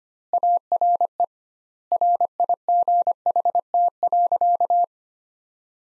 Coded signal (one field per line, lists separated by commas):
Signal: Morse code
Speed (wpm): 25 wpm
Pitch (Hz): 700 Hz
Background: none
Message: ARE RIGHT.